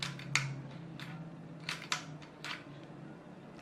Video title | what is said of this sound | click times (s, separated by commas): cara mengencangkan power senapan angin PCP " Dan's Airgun " | Kalau udah bunyi klik, udah mentok, ini berarti udah masuk. Seperti ini. | 0.3 s